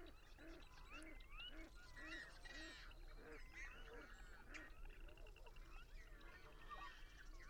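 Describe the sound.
Birds in a busy flock, repeated low arched honking notes mixed with higher slurred whistles and chirps, over a steady low rumble.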